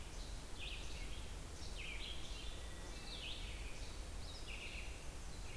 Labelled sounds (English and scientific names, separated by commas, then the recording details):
Red-eyed Vireo (Vireo olivaceus) song
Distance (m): 95 m
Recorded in boreal forest in Alberta, Canada, on 28 June 2016 at 07:38
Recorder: SongMeter 3, array SBT-6-79
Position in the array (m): 107 m, 210 m